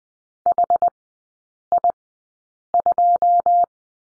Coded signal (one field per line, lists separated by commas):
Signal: Morse code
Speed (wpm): 20 wpm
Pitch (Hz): 700 Hz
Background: none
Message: HI2